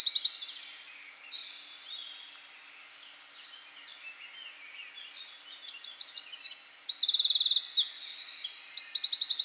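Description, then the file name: Eurasian wren: a brief loud trill, then quiet twittering, then a loud, fast song of high trills and rattles fills the second half. "Troglodytes troglodytes"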